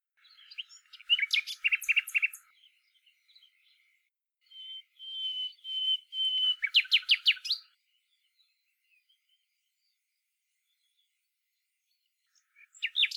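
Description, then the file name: Common nightingale song with loud rattling note series, a long pure whistled tone, then rapid repeated chattering notes, followed by silence before another phrase begins. "Luscinia megarhynchos"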